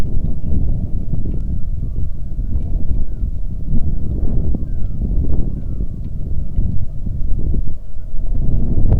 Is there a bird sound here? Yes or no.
yes